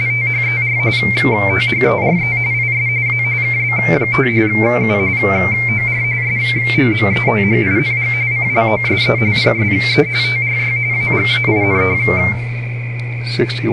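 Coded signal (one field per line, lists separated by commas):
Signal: RTTY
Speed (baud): 45.45 baud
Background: speech, radio noise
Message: THER THERE IS A KB5 U OR SOMETHING CLOSE PSE TRY AGAIN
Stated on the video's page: RTTY from an ARRL RTTY Roundup contest operation.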